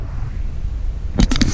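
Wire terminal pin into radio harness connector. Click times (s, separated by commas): 1.3 s, 1.4 s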